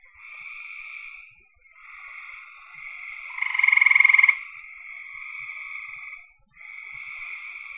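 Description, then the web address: Frog chorus of soft, sustained trills in overlapping waves, with one louder pulsed rattle in the middle. "cn frogs"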